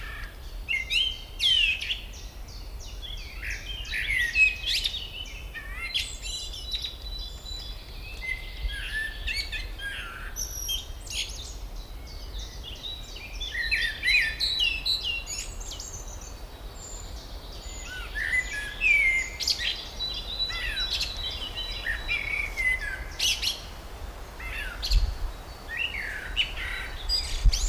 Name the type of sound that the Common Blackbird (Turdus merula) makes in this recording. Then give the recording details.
song. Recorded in the wild. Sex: male. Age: adult. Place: Briesetal, Brandenburg, DE. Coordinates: 52.6833, 13.2667. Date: 1997-05-17 18:13. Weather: sunny, 25°C. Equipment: Sony MD-WM MZ-R3, Sennheiser MKH 416 T, Kopie Uher 4000 Report Monitor. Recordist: Tembrock, Günter